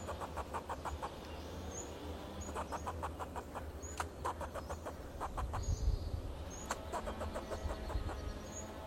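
Fox squirrel chatter of quick, evenly spaced clicks running through most, with a low rumble that swells briefly midway.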